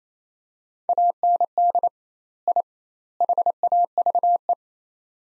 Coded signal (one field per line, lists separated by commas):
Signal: Morse code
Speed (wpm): 28 wpm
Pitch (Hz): 700 Hz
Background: none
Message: AND I HAVE